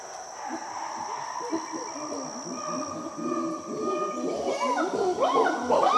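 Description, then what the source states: Chimpanzee chorus: many overlapping low hoots and grunts that swell into louder, rising arched calls in the final seconds. Chimpanzees recorded in Gabon.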